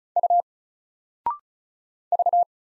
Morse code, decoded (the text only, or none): U V